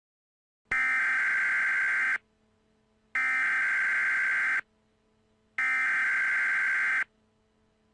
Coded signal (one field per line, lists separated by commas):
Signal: Emergency Alert System (SAME) tones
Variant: header bursts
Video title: EAS Scenario #3 Halloween (REUPLOAD + CONTAINS JUMPSCARES)